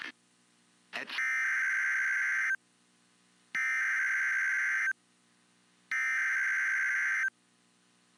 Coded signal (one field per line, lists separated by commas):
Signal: Emergency Alert System (SAME) tones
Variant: header bursts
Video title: Flash Flood Warning Pennsylvania Noaa Weather Radio KIH 35 Pittsburgh PA 7/18/26